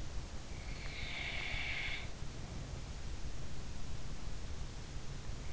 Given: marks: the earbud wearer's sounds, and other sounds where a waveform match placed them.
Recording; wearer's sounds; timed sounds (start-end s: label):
sounds in sleep by an in-ear microphone; snoring breath
0.96-3.04 s: snoring breath